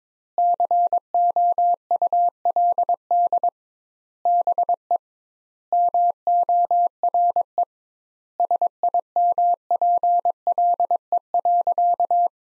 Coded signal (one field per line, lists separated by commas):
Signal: Morse code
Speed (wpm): 22 wpm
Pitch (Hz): 700 Hz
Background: none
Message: COULD BE MORE SIMPLE.